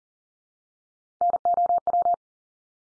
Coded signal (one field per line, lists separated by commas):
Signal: Morse code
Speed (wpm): 37 wpm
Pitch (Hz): 700 Hz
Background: none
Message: NOW